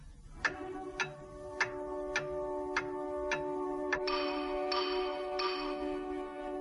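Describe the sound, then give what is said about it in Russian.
An old pendulum clock with a large, ornate copper pendulum, set going by a push, ticks steadily, roughly ten sharp, even clicks at a brisk regular pace, over a faint sustained metallic ringing hum. No voices. “Ну-ка, Ленка, подтолкни маятник. тикают.”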